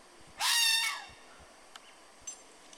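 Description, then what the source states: Red fox scream, a single harsh, raspy cry lasting about half a second, followed by faint clicks and quiet background. Red fox sound looked up online and played back; described as an angry fox.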